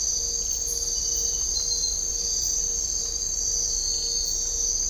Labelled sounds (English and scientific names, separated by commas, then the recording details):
none
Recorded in dense forest near Puerto Asís, Putumayo, Colombia, on 22 December 2024 at 02:30
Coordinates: 0.500, -76.322
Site G053